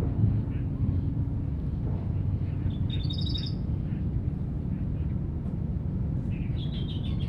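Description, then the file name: Grey-crowned warbler calls in two short bursts of high, twittering notes, one midway and one at the end, against steady low rumbling background noise. "warbler-grey-crowned -Seicercus-tephrocephalus"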